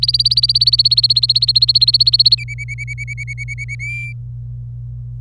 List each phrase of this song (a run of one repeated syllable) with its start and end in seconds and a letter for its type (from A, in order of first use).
0.00-2.35 A, 2.38-3.75 B, 3.79-4.12 C